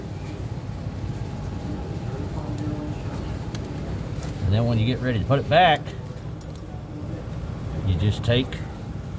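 A vehicle light housing, its tabs squeezed with needle nose pliers, is handled as it is about to go back into its hole in the vehicle trim. Someone talks over a steady background hum, with brief faint ticks near 3.6 and 6.6 seconds. Nothing has seated or clicked yet by the end of the clip.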